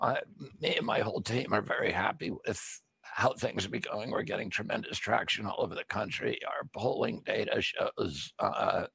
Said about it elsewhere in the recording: I had a very, very strong voice until I was 42 years old. In 1996, I had an injury that caused a neurological disorder called spasmodic dystonia. Makes my voice like this.